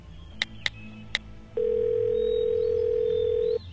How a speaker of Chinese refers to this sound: 龚应贤说着便掏出手机拨通了一个电话